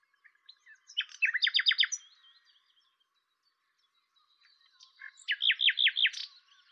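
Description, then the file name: Common nightingale song: two short phrases of rapid, loud repeated notes, separated by several seconds of silence, with faint soft notes around them. "Luscinia megarhynchos"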